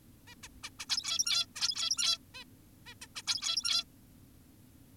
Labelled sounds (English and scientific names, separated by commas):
Zebra Finch (Taeniopygia guttata)